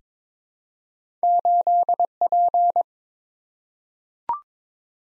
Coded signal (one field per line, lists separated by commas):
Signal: Morse code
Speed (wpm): 21 wpm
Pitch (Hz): 700 Hz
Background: none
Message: 8P